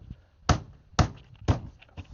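A plastic cowl panel on a Jeep Gladiator pickup is pressed down onto the body clips. Two sharp snaps at 0.5 and 1.0 seconds show the clips seating, followed by a similar snap near 1.5 seconds and a softer one near 2.0 seconds.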